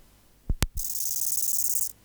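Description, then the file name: Bow-winged grasshopper song: a rasping, high pulsed buzz of about a second, after a few low knocks or thumps. "Chorthippus biguttulus"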